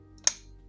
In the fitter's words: Snap those in.